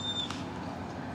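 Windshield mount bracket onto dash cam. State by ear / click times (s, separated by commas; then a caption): not seated / none. A windshield mount bracket is gently pushed onto an AZDOME M17 WiFi dash cam over a steady broadband hiss, with a faint high whine fading out just before a brief soft bump at about 0.3 s. The bracket slides on without any click; nothing has seated or clicked.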